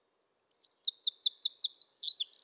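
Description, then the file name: Eurasian wren opening a song with a few soft notes, then a rapid series of high, sharp chirps ending in a buzzy rattle. "Troglodytes troglodytes"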